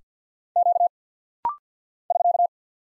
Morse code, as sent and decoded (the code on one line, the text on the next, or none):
--.- / ...-.-
Q <SK>